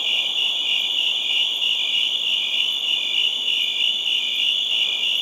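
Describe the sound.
Crickets produce a continuous high, ringing trill chorus with faint rhythmic pulsing and a soft low hiss beneath.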